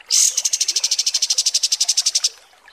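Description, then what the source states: Kapas tembak singing a high, rapidly repeated pulsing trill of about two seconds that starts with a loud burst and ends abruptly. Masteran training recording of kapas tembak song.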